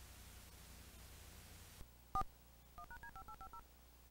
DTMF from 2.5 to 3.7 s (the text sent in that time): 1#D5850